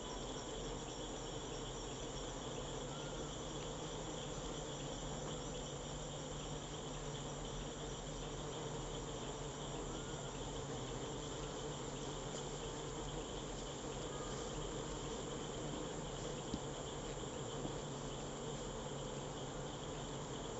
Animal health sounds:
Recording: honeybee defence experiment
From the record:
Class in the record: control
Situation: empty test tube, no live specimens

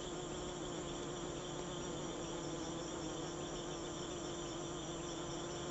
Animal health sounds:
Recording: honeybee defence experiment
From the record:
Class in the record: alert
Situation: Africanized honeybees facing leafcutter ants (Atta)

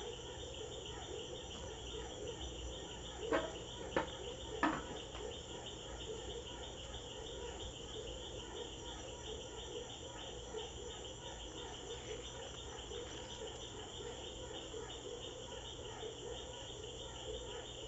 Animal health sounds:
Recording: honeybee defence experiment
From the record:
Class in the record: control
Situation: empty test tube, no live specimens

